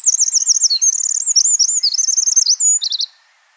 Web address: chant xeno-canto troglodyte mignon